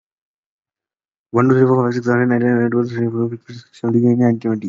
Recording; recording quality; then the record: counting at a fast pace; excellent, no background noise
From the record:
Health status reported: COVID-19 positive, mild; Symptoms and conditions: cough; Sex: male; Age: 24 years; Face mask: worn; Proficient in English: yes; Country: India